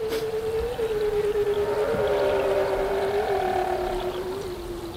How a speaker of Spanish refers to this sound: ¿Una orca? Pues no, no es una orca. Pero mira, y no bastante desencaminado. Foca, pero barbuda, que suena diferente.